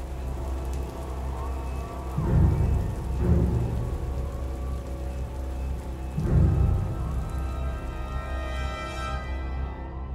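rain falling at night

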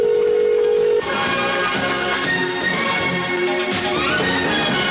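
telephone ringing

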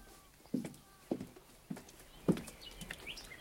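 horse hooves clip-clopping

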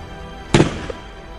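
gunshot sound effect

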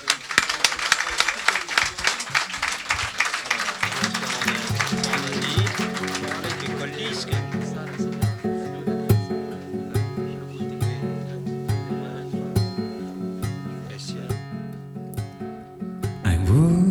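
audience applause

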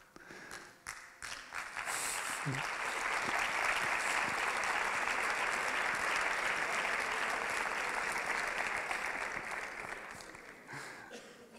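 audience applause

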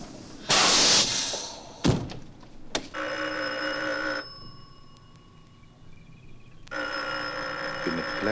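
telephone ringing unanswered

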